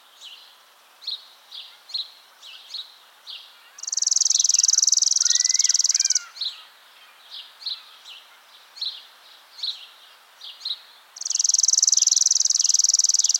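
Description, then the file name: Chipping sparrow song: a fast, mechanical-sounding trill on one pitch, heard twice, with scattered chirps from other birds between the songs. "Spizella passerina - Chipping Sparrow"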